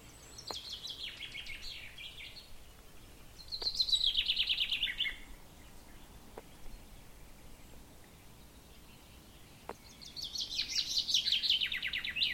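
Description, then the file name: Common chaffinch singing: three bright, descending rattling phrases a few seconds apart, the last cut off at the end, with occasional sharp clicks and soft background noise. "Fringilla coelebs"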